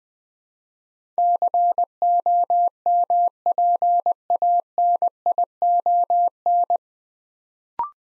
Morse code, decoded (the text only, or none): COMPANION